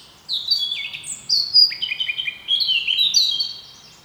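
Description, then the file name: Eurasian blackcap sings a loud, varied warble of clear whistles, jumping and sliding between notes. "Sylvia atricapilla"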